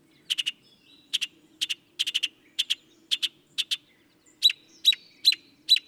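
Northern mockingbird delivering short clusters of dry chattering notes, two to four at a time, then four clear sharp notes with a thin tone.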